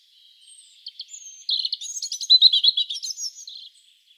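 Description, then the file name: European robin singing a single rich phrase of fast, high, tumbling notes with wavering trills, building in loudness before stopping. "Erithacus rubecula"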